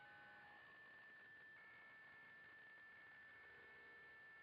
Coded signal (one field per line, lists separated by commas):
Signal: PSK63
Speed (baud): 62.5 baud